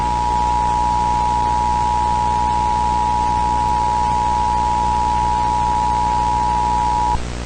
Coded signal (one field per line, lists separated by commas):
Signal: Emergency Alert System (SAME) tones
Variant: 853 and 960 Hz attention tone